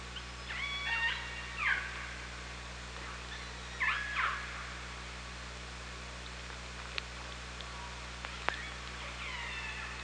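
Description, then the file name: Orca pulsed calls, two strong harmonic bursts in the first half, then scattered sharp clicks and a faint upswept call near the end. Recorded underwater on an OrcaLab hydrophone, 24 August 2017 at 18:42:13. "Orca Lab UTLN JASON 20170824 184213"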